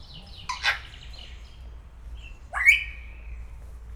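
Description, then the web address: Grey parrot giving a buzzy harsh squawk, then after a pause a rising whistle that levels into a held tone, over a quiet low rumble. Szeged Zoo, 2011; calling continuously every day. "allathangok szegedizoo 2011 standardt jakopapagaj folyamatosanaprankent"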